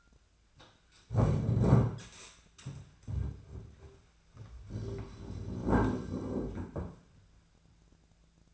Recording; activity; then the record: daily activity, microphone in the room; stand up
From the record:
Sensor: 2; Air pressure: 1008.1 hPa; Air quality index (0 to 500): 181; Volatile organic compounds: 10 ppm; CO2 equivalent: 2227 ppm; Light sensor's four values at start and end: 11/28/12/12 and 11/27/11/12